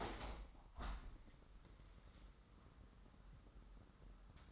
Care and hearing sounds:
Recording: daily activity, microphone in the room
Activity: open window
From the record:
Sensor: 3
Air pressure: 998.1 hPa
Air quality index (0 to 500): 150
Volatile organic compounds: 5 ppm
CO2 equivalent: 1783 ppm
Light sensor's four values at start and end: 13/38/15/14 and 13/38/15/14

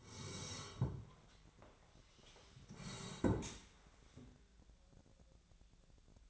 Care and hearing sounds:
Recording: daily activity, microphone in the room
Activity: sit down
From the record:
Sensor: 3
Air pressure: 1015.2 hPa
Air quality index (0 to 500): 181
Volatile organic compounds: 18 ppm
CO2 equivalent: 2607 ppm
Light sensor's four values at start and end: 15/38/15/16 and 15/38/15/16

